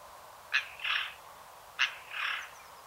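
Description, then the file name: Eurasian Jay calling twice, each call a sharp click then a hoarse, rasping note, about a second and a quarter apart. "Garrulus glandarius"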